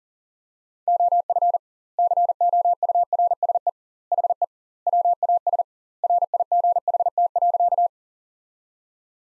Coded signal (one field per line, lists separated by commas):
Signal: Morse code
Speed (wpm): 37 wpm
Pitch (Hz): 700 Hz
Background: none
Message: OF COURSE HE WAS RIGHT.